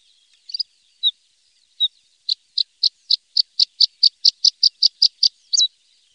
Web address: Faglar Sound Blahake